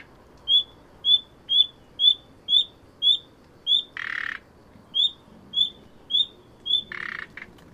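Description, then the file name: Common nightingale giving a quick series of short whistles, roughly two per second, interrupted twice by longer grating, buzzy rattles. "Luscinia megarhynchos"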